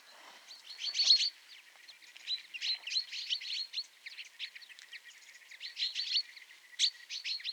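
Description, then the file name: Common chaffinch calls: dense bursts of quick, high chirping notes that keep coming throughout, rising and falling in loudness, with several brighter accented notes. "Fringilla coelebs"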